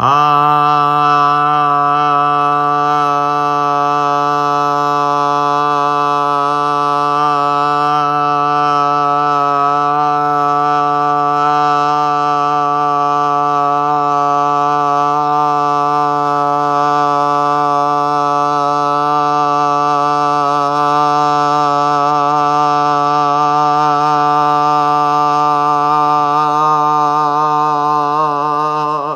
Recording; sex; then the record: sustained vowel /a/; male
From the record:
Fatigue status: no fatigue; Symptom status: asymptomatic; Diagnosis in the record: COVID-19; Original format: m4a